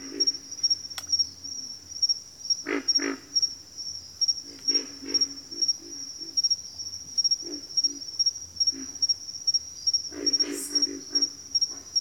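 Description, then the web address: Pig frog grunts, deep and raspy, coming in clustered bursts with pauses between, set against a continuous high-pitched insect drone. "Nature Sounds Sounds of Nature Collection 06 Pig Frogs"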